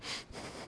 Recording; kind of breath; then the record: one breath in and out by a microphone near the nose and mouth; strong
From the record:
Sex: male